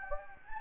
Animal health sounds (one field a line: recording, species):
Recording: mosquito wingbeat signal from an infrared sensor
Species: Anopheles gambiae